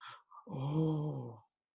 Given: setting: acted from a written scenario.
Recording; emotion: vocal sound without words; awe